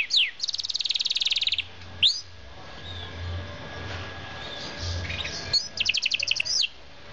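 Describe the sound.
Bird song: a sharp downward note, then a buzzy high trill, a pause with soft background, and another chirp and trill burst.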